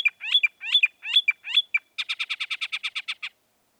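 Northern mockingbird song: a short phrase repeated several times, then a fast run of many clipped buzzy notes.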